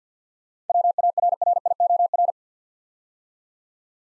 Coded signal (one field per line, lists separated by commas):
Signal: Morse code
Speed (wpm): 46 wpm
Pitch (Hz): 700 Hz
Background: none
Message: WARRIOR